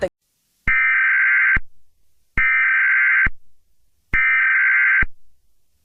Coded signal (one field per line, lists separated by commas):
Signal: Emergency Alert System (SAME) tones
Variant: header bursts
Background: speech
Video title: EAS scenario #1 | Nibiru